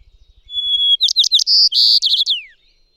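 White-crowned sparrow song: a steady high whistle, then a series of quick chirpy notes, a buzzy middle section and a trill sliding downward; faint low ticks at the start.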